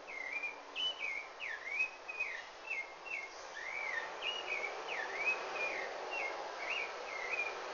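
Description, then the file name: Rufous-bellied thrush song: a steady run of clear whistled phrases, some falling then rising, others short slurred notes, over a soft constant hiss. Recorded in Brazil. "Turdus rufiventris brasilian"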